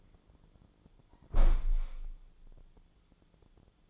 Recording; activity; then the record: daily activity, microphone in the room; close window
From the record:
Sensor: 5